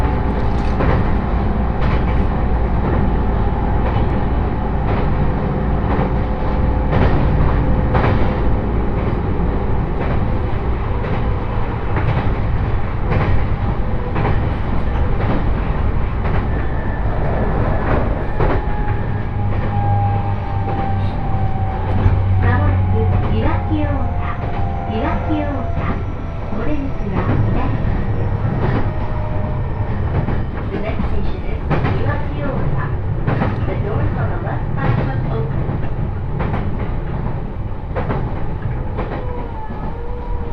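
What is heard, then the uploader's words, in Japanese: Train ride on the Joban Line, a steady low rumble with rattling wheel clacks, faint whining tones and occasional murmured speech throughout. 耳で楽しむ鉄道旅 常磐線 原ノ町→富岡。車両はE531系の10両編成とこの地域に配置されるにしては長い編成という印象。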